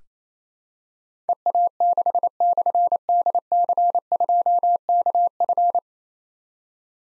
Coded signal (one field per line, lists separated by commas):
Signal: Morse code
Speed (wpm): 27 wpm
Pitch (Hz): 700 Hz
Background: none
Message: EA6/DC2KF